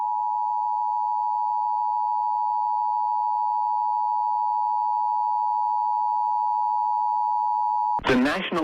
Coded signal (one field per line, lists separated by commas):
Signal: Emergency Alert System (SAME) tones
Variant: 853 and 960 Hz attention tone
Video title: EAS Tornado Watch #5 Arkansas, Louisiana, and Mississippi NOAA Weather Radio